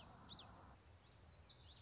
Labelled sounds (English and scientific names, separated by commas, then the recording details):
Common Yellowthroat (Geothlypis trichas)
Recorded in Sonoma County, California